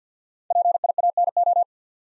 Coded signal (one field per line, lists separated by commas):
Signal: Morse code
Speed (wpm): 48 wpm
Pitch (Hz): 700 Hz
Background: none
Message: PIANO